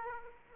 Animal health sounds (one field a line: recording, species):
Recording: mosquito wingbeat signal from an infrared sensor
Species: Aedes aegypti